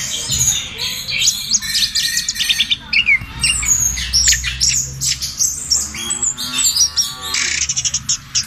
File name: anis merah omkicau